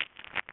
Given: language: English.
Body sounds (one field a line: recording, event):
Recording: throat vibration sensor signal played as sound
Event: throat clearing